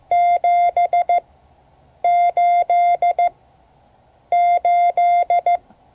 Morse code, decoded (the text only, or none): 788